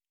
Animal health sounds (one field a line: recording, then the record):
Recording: hydrophone in a shrimp aquaculture tank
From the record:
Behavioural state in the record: normal